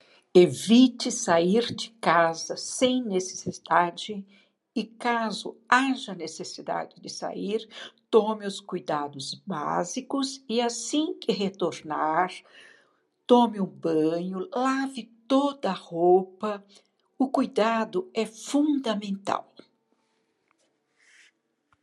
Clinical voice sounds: short text; Brazilian Portuguese; female; 60 to 69 years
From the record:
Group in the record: control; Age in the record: 69 years

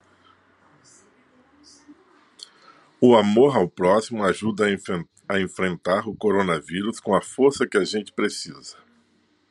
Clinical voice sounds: spoken sentence; Brazilian Portuguese; male; 60 to 69 years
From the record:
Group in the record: control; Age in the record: 64 years

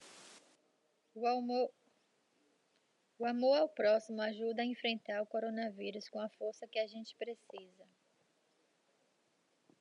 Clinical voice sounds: spoken sentence; Brazilian Portuguese; female; 50 to 59 years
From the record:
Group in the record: control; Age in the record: 53 years

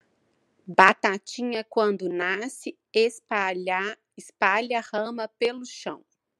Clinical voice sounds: short text; Brazilian Portuguese; female; 30 to 39 years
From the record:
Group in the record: control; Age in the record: 32 years

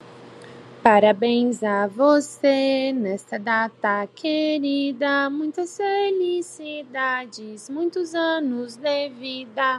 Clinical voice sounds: short text; Brazilian Portuguese; female; 30 to 39 years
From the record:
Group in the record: control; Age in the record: 34 years

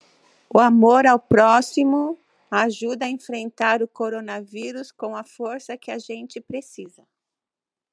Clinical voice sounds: spoken sentence; Brazilian Portuguese; female; 50 to 59 years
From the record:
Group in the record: control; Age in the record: 59 years

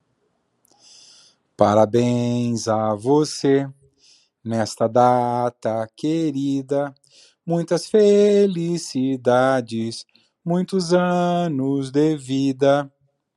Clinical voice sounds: short text; Brazilian Portuguese; male; 50 to 59 years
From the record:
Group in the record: control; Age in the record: 50 years

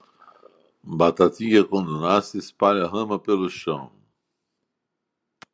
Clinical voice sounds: short text; Brazilian Portuguese; male; 60 to 69 years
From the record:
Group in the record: control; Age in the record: 65 years

